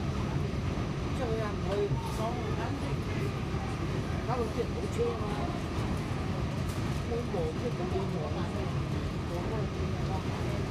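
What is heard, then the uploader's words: NYC subway sounds: a steady, dense low rumble runs unbroken through the whole recording, with murmured voices talking over it almost continuously. The level stays even throughout, with faint brighter clicks and scrapes now and then in the background. Nyc subway sounds.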